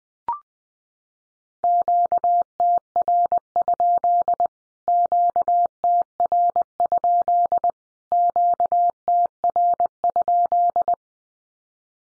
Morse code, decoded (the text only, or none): QTR? QTR? QTR?